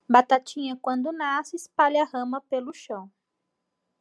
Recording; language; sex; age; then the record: short text; Brazilian Portuguese; female; 20 to 29 years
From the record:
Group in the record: control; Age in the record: 25 years